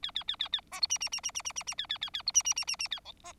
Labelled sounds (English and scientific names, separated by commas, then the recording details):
Bengalese Finch (Lonchura striata domestica) song
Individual Bird4